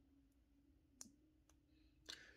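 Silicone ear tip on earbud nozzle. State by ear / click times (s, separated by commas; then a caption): seated / 1.0 s. A silicone ear tip is pushed back onto the nozzle of a Galaxy Buds 2 earbud, and it seats with a sharp, positive click at 1.0 s over a quiet, steady low hum. Another short, bright sound follows at 2.1 s, with a faint tick around 1.5 s.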